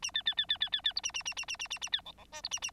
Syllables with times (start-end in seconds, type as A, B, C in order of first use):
0.02-0.11 A, 0.14-0.22 B, 0.25-0.34 B, 0.37-0.46 B, 0.49-0.58 B, 0.60-0.69 B, 0.72-0.81 B, 0.83-0.93 B, 0.95-1.01 C, 1.03-1.12 A, 1.14-1.23 A, 1.25-1.34 A, 1.36-1.45 A, 1.48-1.57 A, 1.59-1.68 A, 1.70-1.79 A, 1.81-1.89 A, 1.92-2.01 B, 2.05-2.12 D, 2.17-2.25 D, 2.32-2.42 E, 2.43-2.49 C, 2.51-2.60 A, 2.62-2.71 A